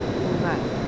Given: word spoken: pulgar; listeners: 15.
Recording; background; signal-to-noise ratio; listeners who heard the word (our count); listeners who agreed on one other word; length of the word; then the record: one Spanish word in noise, from a listening test; speech-shaped noise; -4.6 dB; 1 of 15; 8 of 15; 0.48 s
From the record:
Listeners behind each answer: 8, 4, 1, 1, 1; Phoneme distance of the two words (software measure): 17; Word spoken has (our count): 2 syllables, 6 phonemes, stress on syllable 2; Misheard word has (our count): 2 syllables, 5 phonemes, stress on syllable 2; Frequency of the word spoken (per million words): 6.32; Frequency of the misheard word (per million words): 71.35